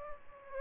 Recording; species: mosquito wingbeat signal from an infrared sensor; Aedes aegypti